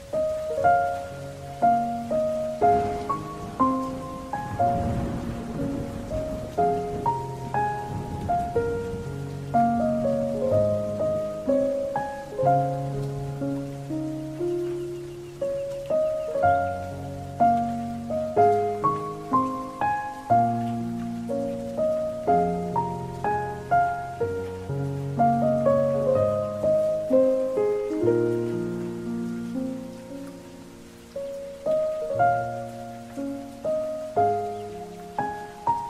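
A slow piano piece plays over soft rain, with low bass notes under gently repeating chords and a simple melody, each note ringing out and fading. A brief rush of louder rain noise swells around the five-second mark, and the playing eases briefly near the thirty-second mark.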